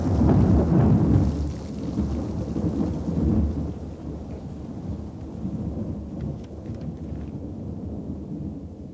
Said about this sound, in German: schmetterte ein Blitz nieder, straßenweit die stürmische Nacht erhellend. Hinter ihm krachte er, als risse er den ganzen Himmel mit sich heran.